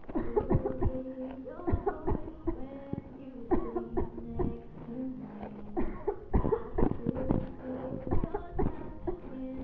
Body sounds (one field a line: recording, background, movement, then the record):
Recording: voluntary coughing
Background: music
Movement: sitting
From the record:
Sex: female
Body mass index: 18.8 kg/m2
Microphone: on the chest, facing the body